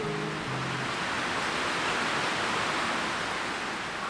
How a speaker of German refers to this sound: Über uns biegen sich die Baumwipfel im Wind. Es ist stürmisch, aber nur da oben. Ein Schwanken um uns herum und ein Rauschen. Sind wir noch im Wald oder schon am Meer?